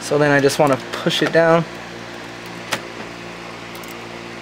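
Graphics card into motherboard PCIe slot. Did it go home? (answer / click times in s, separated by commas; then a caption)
yes / 2.7 s. A graphics card is pushed down into a motherboard PCIe slot while someone talks, and the retention latch snaps with a sharp click at 2.7 s. A steady low hum continues underneath, and the card is seated in the slot.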